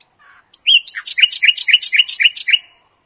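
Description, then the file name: Common nightingale song: a rapid, rhythmic phrase of rich chirping notes repeated several times in quick succession, loud and clear. "nachtigall"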